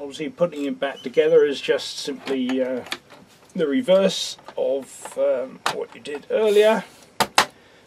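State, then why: Seated. Someone talks while the plastic top cover of a PS4 is slid back onto the console chassis and pressed down at the front. Two sharp clicks at 7.2 and 7.4 seconds mark the cover clicking into place, seated.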